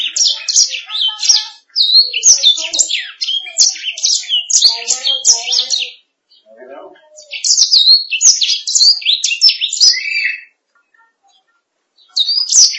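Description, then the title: Canary singing in rapid bursts of high chirps and warbles, with brief pauses between phrases and a few softer lower notes underneath. "BM Suara Kenari"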